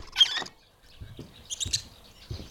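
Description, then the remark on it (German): Two pet birds, Mickey and Sammy, flying free in a bedroom, give short, high, scratchy chirps in two bursts, with soft low fluttering thumps and patter in between. There is no talking, and the sounds are moderately quiet. “Mickey und Sammy fliegen gerade wieder frei in meinem Zimmer.”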